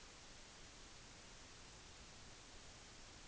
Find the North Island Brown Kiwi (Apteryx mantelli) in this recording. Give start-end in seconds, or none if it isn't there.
none